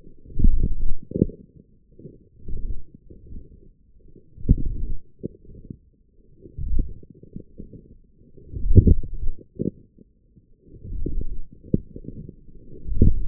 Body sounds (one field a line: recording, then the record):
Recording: forearm muscle sounds (acoustic myography)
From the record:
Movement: forearm pronation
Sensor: system 1, eight BSWA MPA416 microphones around the upper forearm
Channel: 5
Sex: male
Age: 20 years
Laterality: left